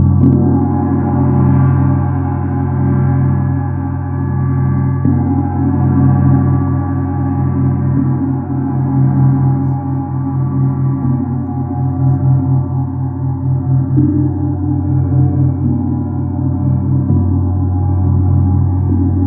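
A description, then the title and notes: A large gong rings on in a long, sustained wash of deep, humming tones that fill the low and middle range. The sound stays dense and steady for the whole stretch, with slow beating and shimmering swells but no sharp new strikes. Jupiter Gong.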